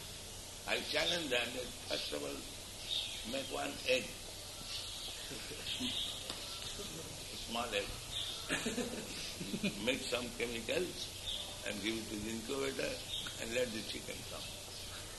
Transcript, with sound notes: I challenge them that "First of all make one egg, a small egg. [laughter] Make some chemicals and give it to the incubator and let the chicken come."